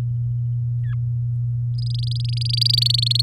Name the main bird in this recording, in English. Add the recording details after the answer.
Domestic Canary. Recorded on 9 May 2018 at 05:59. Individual llb16